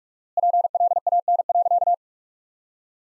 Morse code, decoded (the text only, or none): PLAN.